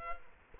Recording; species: mosquito wingbeat signal from an infrared sensor; Culex quinquefasciatus